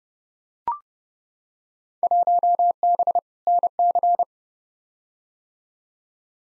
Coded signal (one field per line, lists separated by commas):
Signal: Morse code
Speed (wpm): 30 wpm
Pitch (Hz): 700 Hz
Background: none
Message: 1B NC